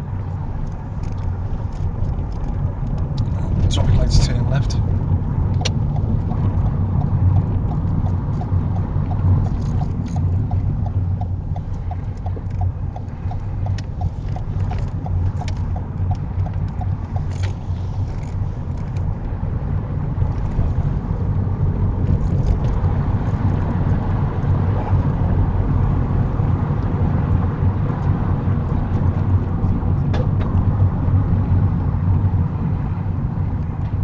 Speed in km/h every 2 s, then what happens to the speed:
21, 26, 27, 29, 19, 15, 16, 15, 18, 26, 31, 35, 39, 37, 34, 26, 18.
0-6 speeds up to 29. 6-9 brakes to 15. 9-15 steady at about 15. 15-25 speeds up to 39. 25-34 slows to 18.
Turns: 11-14.